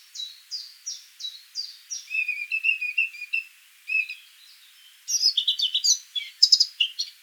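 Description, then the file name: Eurasian blackcap song: quick high chips lead into mellow warbled notes, a brief pause, then a burst of bright, varied twittering. "Sylvia atricapilla"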